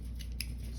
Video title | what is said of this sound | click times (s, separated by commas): Lukas assembling his Holosun Sight! Beginner friendly firearm customization | pops right in nice and firm | 0.4 s